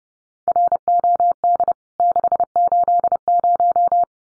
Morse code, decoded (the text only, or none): ROD 680